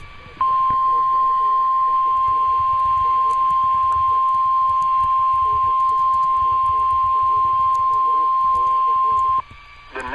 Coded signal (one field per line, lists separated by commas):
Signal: Emergency Alert System (SAME) tones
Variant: 1050 Hz attention tone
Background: speech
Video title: Spring Break EAS Alerts (EAS 151-172)